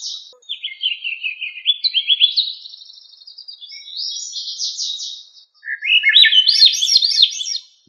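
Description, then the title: Thrush singing a rapid, varied run of high warbled and trilled notes in two bursts. The second burst climbs higher and sounds more jumbled. No other sounds. "Familia Turdidae - Sabia"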